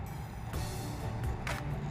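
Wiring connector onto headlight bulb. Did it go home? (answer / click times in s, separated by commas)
no / none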